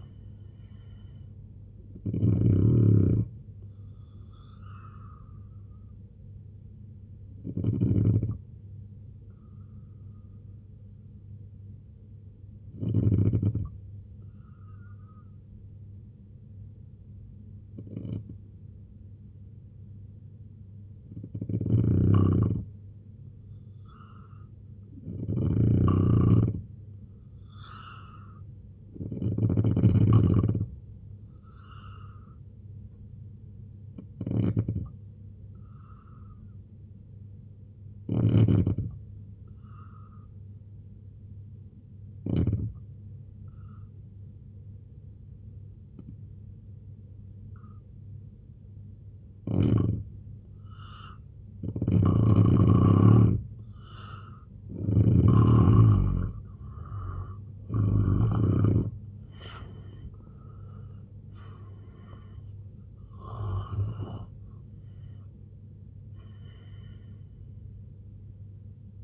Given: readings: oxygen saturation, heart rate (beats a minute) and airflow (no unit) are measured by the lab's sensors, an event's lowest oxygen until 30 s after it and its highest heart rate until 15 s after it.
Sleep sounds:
breathing in sleep by a smartphone at the bedside; 2
7.00-25.90 s: hypopnea (N2, oxygen 95% highest, then 88% lowest, heart rate 67 at the start, 75 highest)
36.00-50.80 s: hypopnea (N2, oxygen 90% highest, then 85% lowest, heart rate 71 at the start, 98 highest)
From the record:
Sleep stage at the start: N2 (light sleep); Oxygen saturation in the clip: 85 to 95%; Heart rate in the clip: 66 to 98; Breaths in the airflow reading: 15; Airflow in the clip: -12.0 to 9.8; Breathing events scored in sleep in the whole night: 258 in 7.4 hours asleep

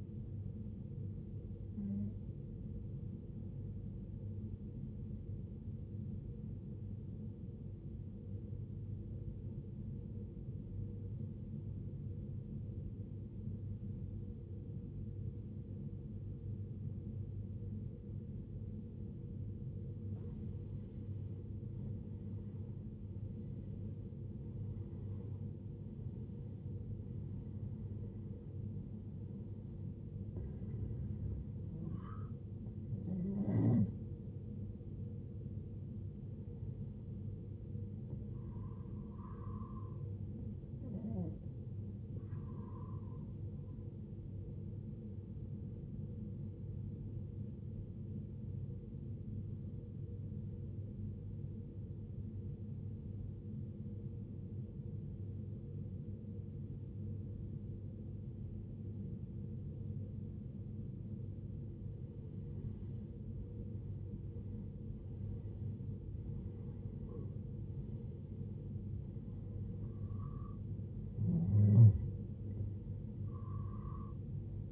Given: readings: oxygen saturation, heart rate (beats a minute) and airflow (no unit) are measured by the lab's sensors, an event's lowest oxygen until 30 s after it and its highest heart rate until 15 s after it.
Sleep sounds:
breathing in sleep by a smartphone at the bedside; 2
10.00-22.30 s: obstructive apnea (N1, oxygen 94% highest, then 85% lowest, heart rate 59 at the start, 73 highest)
48.00-64.20 s: obstructive apnea (N1, oxygen 95% highest, then 85% lowest, heart rate 66 at the start, 74 highest)
From the record:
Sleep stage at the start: N1 (lightest sleep); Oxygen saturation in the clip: 85 to 95%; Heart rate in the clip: 57 to 74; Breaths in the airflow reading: 12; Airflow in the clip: -14.3 to 15.1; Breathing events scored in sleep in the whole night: 389 in 6.3 hours asleep

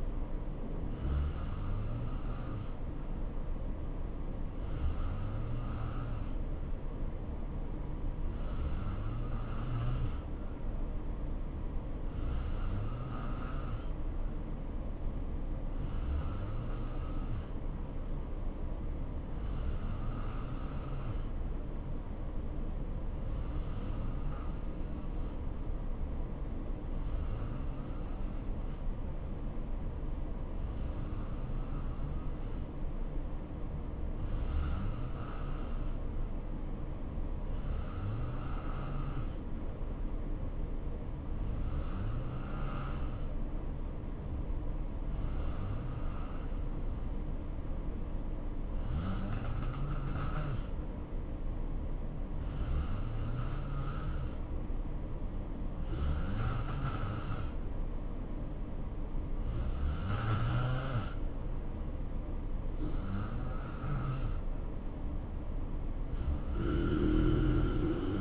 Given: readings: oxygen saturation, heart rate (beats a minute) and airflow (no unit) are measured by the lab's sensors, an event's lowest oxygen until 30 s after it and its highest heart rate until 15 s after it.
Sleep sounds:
breathing in sleep by a smartphone at the bedside; 1
4.00-56.90 s: hypopnea (N2, oxygen 92% highest, then 87% lowest, heart rate 58 at the start, 70 highest)
From the record:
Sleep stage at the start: N2 (light sleep); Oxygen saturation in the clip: 87 to 92%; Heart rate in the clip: 57 to 70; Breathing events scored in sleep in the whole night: 277 in 7.4 hours asleep

